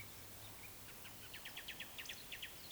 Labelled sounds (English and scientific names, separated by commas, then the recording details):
Eurasian Woodcock (Scolopax rusticola) whistle, Eurasian Woodcock (Scolopax rusticola) croak
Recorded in Baden-Württemberg, Germany, on 31 May 2021 at 19:49 UTC
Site 24606, 635 m above sea level